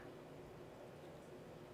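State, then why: Not seated. The hammer of a small single-shot .22 Colt Model 4 derringer, a replica of the late-1800s Colt, is being pulled back toward its half-cock notch so the barrel can swivel open. Only a steady low hum and faint noise are heard, with no sharp transients. The hammer has not yet clicked into half cock, and nothing has seated.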